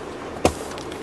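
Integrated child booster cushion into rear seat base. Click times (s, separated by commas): 0.5 s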